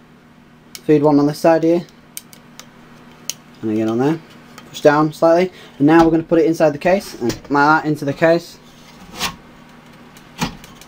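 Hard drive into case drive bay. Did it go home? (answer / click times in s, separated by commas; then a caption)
yes / 10.4 s. A 3.5 inch hard drive fitted with tool-less mounting pins is pushed into the metal drive cage of a Mini ITX case while someone talks. A short sharp click at 10.4 s marks the drive snapping into place, seated in the drive bay.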